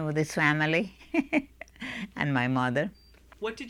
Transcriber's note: she laughs